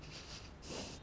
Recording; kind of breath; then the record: one breath in and out by a microphone near the nose and mouth; strong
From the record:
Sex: male